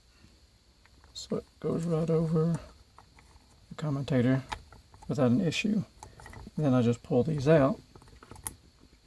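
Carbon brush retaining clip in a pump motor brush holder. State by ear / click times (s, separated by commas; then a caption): released / 8.5 s. Someone talks while pulling out the small clip that holds a carbon brush back in the brush holder of a SHURFLO Revolution water pump motor, with faint clicks and handling sounds along the way. The clip comes out tighter than expected, and at 8.5 s a sharp snap is heard as the spring-loaded carbon brush is released forward against the commutator.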